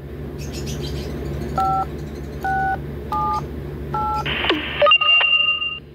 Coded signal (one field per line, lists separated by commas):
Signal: DTMF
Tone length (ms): 280 ms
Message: 5678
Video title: Talking repeater cor clock dtmf